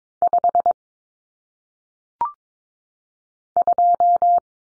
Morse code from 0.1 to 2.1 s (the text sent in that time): 5